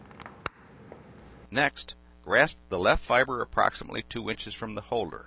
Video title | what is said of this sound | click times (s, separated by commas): Монтаж Fibrlok 2539 Splice Holder | the fibers are centered press the write buffer clamp until an audible snap is heard next | 0.5 s